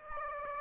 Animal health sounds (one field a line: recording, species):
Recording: mosquito wingbeat signal from an infrared sensor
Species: Aedes aegypti